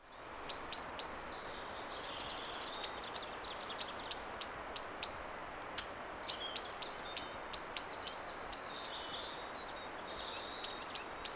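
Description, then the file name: Common blackbird calling a long series of sharp, metallic chink notes, delivered in uneven runs with brief pauses. "Turdus merula"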